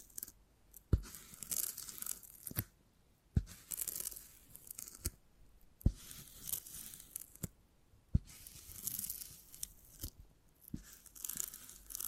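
Beeswax being handled, with soft crinkling and tearing textures that come in bursts with brief quiet gaps. Sharp snapping clicks land roughly every one to two seconds, around 1, 3.4, 5.8, 8.1 and 10.7 seconds, over bright, crackly rustling.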